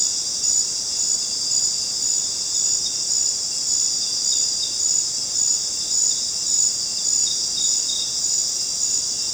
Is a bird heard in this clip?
no